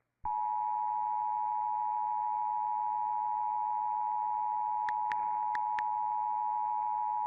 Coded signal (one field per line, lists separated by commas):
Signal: Emergency Alert System (SAME) tones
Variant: 853 and 960 Hz attention tone